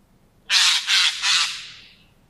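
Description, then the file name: Eurasian jay giving a harsh, rasping screech in three loud, noisy bursts, the last one trailing away. "Garrulus glandarius"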